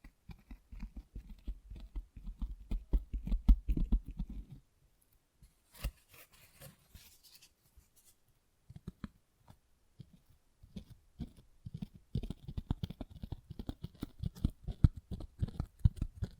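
Tapping and scratching textures come as dense runs of quick, crisp taps with a low thump under them. They fill the first four seconds, then stop briefly. Sparser scratchy bursts follow near six seconds, and a busier, steady tapping pattern returns from about twelve seconds to the end.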